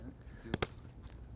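The extruded channel along the top of a side window curtain is clipped into the soft top rail of a Bestop Trektop NX on a two-door JK Wrangler. Two sharp, positive clicks sound at 0.5 s and 0.6 s over a low background. The channel seats firmly into the top.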